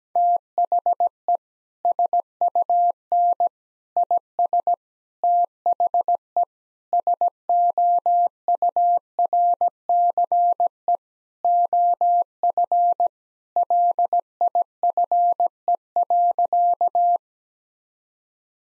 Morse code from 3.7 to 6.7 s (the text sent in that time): IS THE